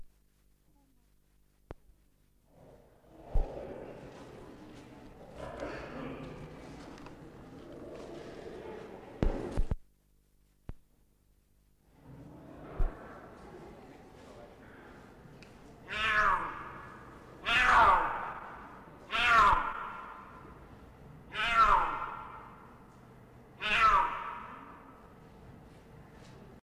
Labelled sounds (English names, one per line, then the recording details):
Puma call
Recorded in captivity
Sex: female
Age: adult
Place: Zoo Leipzig, Sachsen, DE
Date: 1959-09-15 14:00
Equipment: Reporter, Vollspur
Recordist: TSA